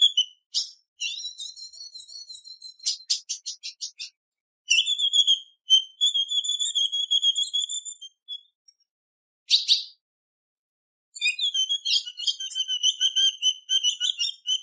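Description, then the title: Ultramarine grosbeak calls: series of thin whistled notes with quick trilled pulses, broken by a few short bursts of harsh chips and brief pauses. Female ultramarine grosbeak soliciting call, asking for mating; said to excite any male. "PIADO DE AZULÃ O FÊ MEA Esquenta Qualquer Azulão!. Fêmea Azulão pedindo gala macheando"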